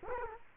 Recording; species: mosquito wingbeat signal from an infrared sensor; Culex quinquefasciatus